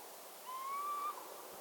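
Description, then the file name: Northern lapwing call: a single clear whistled note sliding slightly upward and ending abruptly, over a steady soft background hiss. "czajki"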